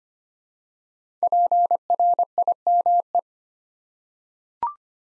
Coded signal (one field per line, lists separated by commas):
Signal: Morse code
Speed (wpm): 25 wpm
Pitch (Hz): 700 Hz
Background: none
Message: PRIME